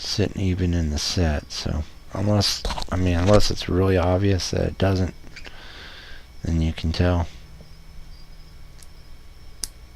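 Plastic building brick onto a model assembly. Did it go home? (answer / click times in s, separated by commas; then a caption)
yes / 9.6 s. A plastic LEGO piece is pressed onto a Star Destroyer model build from set 6211 while someone talks. After a few faint ticks, a sharp snap at 9.6 s shows the piece has seated in place.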